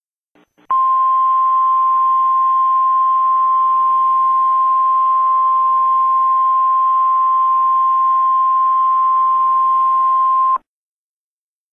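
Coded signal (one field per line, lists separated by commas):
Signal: Emergency Alert System (SAME) tones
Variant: 1050 Hz attention tone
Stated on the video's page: Fictional EAS scenario, not a real alert.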